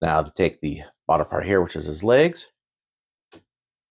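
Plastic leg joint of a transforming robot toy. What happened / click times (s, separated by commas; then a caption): The plastic toy joint is only handled here; nothing has seated yet / none. Someone talks while handling the bottom section, the legs, of a vintage G1 Blurr plastic transforming robot toy, and speech fills the first 2.5 seconds. A faint, brief tick follows at about 3.3 s. Nothing has seated or clicked yet.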